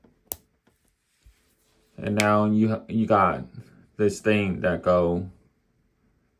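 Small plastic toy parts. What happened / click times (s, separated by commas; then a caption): The plastic pieces snapped together / 0.3 s. A second plastic toy baton half from the Marvel Legends Series Daredevil & Hydro-Man 2-Pack is pushed into its matching baton half. It gives a single sharp snap at 0.3 s, and the pieces click together and are seated. A few faint small ticks follow, then someone talks from about 2 s.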